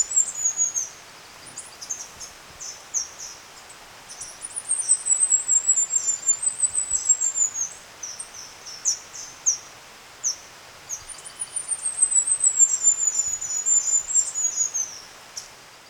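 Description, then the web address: Bird song: thin, very high chirps scattered throughout, with two long sweeping trills that slowly fall in pitch, each lasting several seconds, over a soft steady hiss. Ecuador, South America. "Natures Songs S America Birds of Ecuador"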